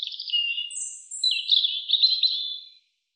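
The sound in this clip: European robin singing thin, high warbled phrases: a short opening phrase, a very high thin note, then a longer tumbling run of sweet twittering notes, lasting under three seconds in quiet surroundings.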